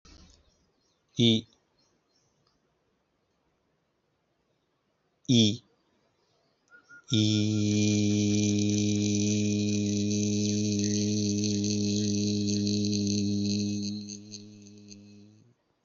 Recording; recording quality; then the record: sustained vowel as in beet; excellent, no background noise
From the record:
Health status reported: healthy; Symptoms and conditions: hypertension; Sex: male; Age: 47 years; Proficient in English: yes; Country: India